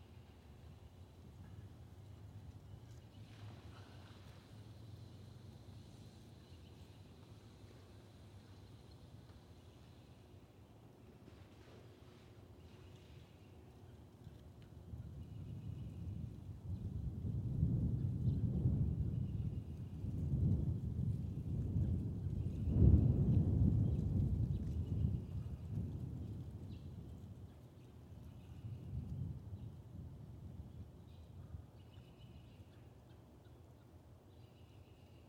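A train rumbles past near a swamp, a deep low roar swelling from about fifteen seconds, peaking around twenty-three, then fading with a smaller surge near twenty-nine. Beneath it, a faint, steady high chorus of peepers runs throughout.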